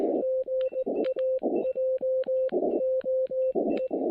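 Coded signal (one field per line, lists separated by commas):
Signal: Morse code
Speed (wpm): 19 wpm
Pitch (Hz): 520 Hz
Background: music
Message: GA JOE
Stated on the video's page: POTA activation on 20 m and 40 m CW with an Elecraft KX3 and a random wire antenna, by lantern light.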